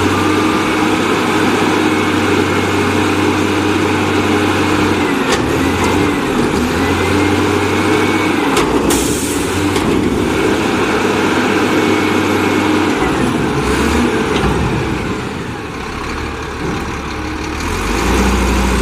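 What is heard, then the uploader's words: A garbage truck runs with a steady, heavy low engine rumble that shifts in pitch in blocks, dropping and rising every few seconds. Thin whining tones slide up and down, and a brief hiss or clatter bursts out near nine seconds. Garbage Trucks.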